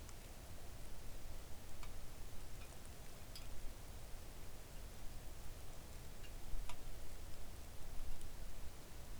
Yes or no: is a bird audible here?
no